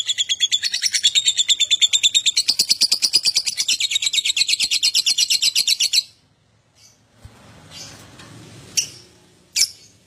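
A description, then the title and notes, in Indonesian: A lovebird chatters in a fast, dense run of bright, rapid chirps for the first six seconds, steady. Then it stops abruptly; after a brief silence come soft rustling and shuffling, with a couple of sharp short clicks near the end. LOVEBIRD GACOR OWOR OWOR. Lovebird Dewasa.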